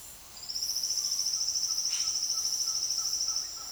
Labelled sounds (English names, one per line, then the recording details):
Silvered Antbird
Green-backed Trogon
Yellow-rumped Cacique
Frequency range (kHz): Green-backed Trogon 0.7-1.9 kHz; Yellow-rumped Cacique 1.4-9.6 kHz
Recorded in dense forest near Puerto Asís, Putumayo, Colombia, on 18 February 2024 at 09:00
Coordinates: 0.502, -76.326
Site G6460